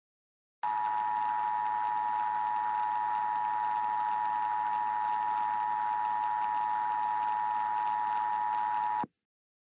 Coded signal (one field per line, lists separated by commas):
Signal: Emergency Alert System (SAME) tones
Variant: 853 and 960 Hz attention tone